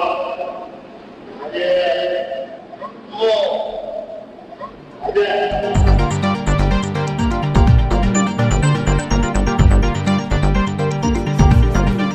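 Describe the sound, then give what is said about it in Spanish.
An elephant imitates the voice of the humans it is in contact with, reproducing their tone and timbre by putting its trunk into its vocal tract and rounding its upper lip, in several short, tonal, speech-like utterances over about five seconds; then a loud, dense, rhythmic wash of sound, like music, takes over. “el paquidermo es capaz de reproducir con bastante acierto el tono y timbre de la voz de los humanos”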